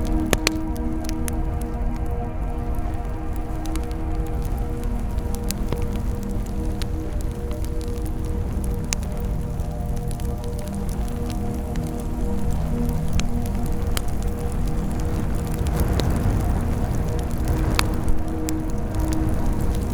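A bonfire burns steadily, its low roar and rumble constant throughout. Sharp crackles and pops snap out irregularly, some loud and close, clustering a little more after the midpoint as the fire grows slightly louder. A faint steady hum sits underneath.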